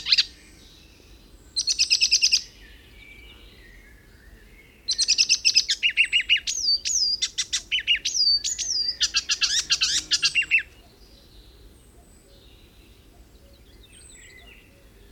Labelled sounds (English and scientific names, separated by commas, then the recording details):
Icterine Warbler (Hippolais icterina) song
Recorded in the wild
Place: Kamminke, Insel Usedom, Mecklenburg-Vorpommern, DE
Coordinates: 53.87, 14.206
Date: 1975-06-15
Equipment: Nagra III BH, Sennheiser MD 21, parabola
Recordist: Schubert, Michael